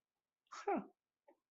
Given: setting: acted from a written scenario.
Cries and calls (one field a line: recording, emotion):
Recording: vocal sound without words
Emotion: serenity